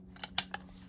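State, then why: Seated. A metal clutch fork from a "White Bunny" clutch kit for a 240SX, carrying its retaining spring and throw-out bearing, is pressed onto the pivot ball in the transmission bellhousing. A faint tick at 0.2 s comes before a sharp metallic snap at 0.4 s, then a lighter click at 0.6 s, all over a steady low hum. The retaining spring snaps into place at 0.4 s and the fork is seated on the pivot.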